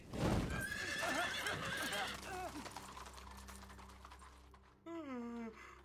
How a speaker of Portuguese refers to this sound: Seus cavalos estão prontos.